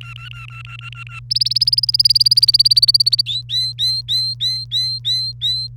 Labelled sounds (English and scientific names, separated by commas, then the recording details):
Domestic Canary (Serinus canaria) song
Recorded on 1 May 2018 at 17:09
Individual llb3